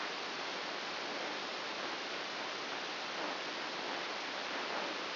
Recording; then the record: brain microelectrode recording played as sound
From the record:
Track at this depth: inside the subthalamic nucleus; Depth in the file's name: 2.204 mm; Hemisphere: right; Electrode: 2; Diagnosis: Parkinson's disease